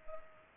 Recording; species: mosquito wingbeat signal from an infrared sensor; Culex pipiens